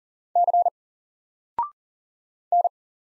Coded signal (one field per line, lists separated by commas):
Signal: Morse code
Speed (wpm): 40 wpm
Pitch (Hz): 700 Hz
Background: none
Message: C N